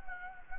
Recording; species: mosquito wingbeat signal from an infrared sensor; Anopheles gambiae